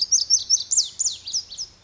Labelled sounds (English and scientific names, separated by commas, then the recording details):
Pacific Wren (Troglodytes pacificus)
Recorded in Sonoma County, California